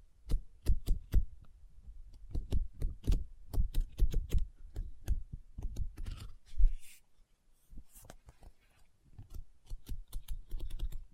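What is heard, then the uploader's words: Quick fingertip taps on a book land in uneven bursts, each a crisp click with a soft low thud. Around the middle the tapping thins out and a dry, hissy scratching or rustle takes over briefly before lighter taps return toward the end. ASMR Book Tapping, Scratching, Page Turning(No Talking).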